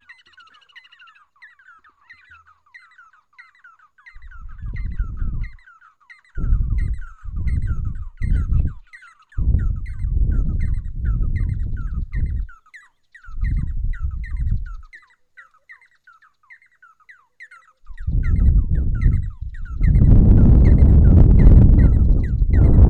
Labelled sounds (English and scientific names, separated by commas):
Red-and-yellow Barbet (Trachyphonus erythrocephalus)